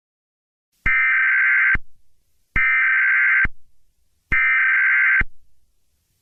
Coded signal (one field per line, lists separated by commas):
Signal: Emergency Alert System (SAME) tones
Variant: header bursts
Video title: emergency alert system 01